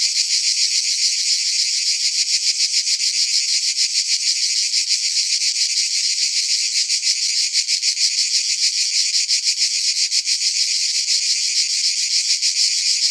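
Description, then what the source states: Cicadas sing together in a loud, continuous high buzzing drone with a fast pulsing throb, unbroken throughout. Several cicadas singing together.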